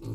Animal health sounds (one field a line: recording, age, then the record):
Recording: pig call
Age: weaner (32 to 43 days)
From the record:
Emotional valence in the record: negative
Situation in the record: short isolation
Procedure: open field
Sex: female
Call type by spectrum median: low-frequency call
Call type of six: low-frequency stable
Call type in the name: low-frequency stable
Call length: 0.15 s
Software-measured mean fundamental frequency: 55 Hz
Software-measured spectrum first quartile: 110 Hz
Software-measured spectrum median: 185 Hz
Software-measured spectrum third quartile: 407 Hz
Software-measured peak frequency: 119 Hz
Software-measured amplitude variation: 91 dB a second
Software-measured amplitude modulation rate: 16.7 a second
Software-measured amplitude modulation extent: 5.5 dB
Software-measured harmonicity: -1.7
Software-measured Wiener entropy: -0.13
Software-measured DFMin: 1362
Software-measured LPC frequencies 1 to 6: 282, 1053, 2464, 4359, 5172, 6055 Hz